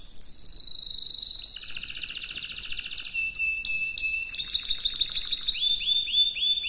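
Canary singing a long descending whistle, then rapid buzzy trills and a steady note, ending in repeated downward-sweeping chirps.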